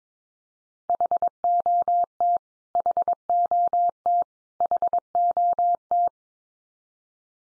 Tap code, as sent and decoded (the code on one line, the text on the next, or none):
none